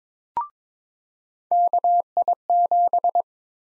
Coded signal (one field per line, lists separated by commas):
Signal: Morse code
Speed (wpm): 22 wpm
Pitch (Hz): 700 Hz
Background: none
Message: KI7